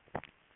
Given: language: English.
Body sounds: throat vibration sensor signal played as sound; swallow

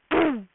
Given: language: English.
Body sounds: throat vibration sensor signal played as sound; throat clearing

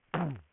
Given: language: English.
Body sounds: throat vibration sensor signal played as sound; throat clearing

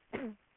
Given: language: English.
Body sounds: throat vibration sensor signal played as sound; cough

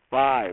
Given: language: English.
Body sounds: throat vibration sensor signal played as sound; speech

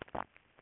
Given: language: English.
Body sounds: throat vibration sensor signal played as sound; swallow

